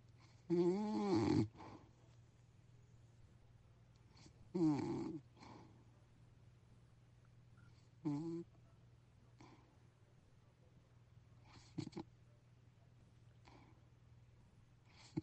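An adult snoring in sleep, loud snores broken by a long silent breathing pause: an obstructive sleep apnea lasting about 20 seconds, typical of apnea that has progressed after years of snoring, when short early pauses give way to long ones.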